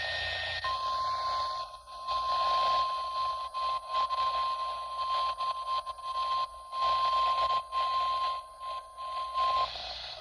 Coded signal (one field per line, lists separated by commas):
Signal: Emergency Alert System (SAME) tones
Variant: 1050 Hz attention tone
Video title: Required weekly tests on stations KEC94, WWG41 and WWG42 (EAS #105-108)